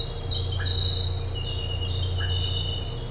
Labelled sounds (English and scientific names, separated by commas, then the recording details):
none
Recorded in dense forest near Puerto Asís, Putumayo, Colombia, on 13 March 2025 at 06:00
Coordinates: 0.468, -76.322
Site GP01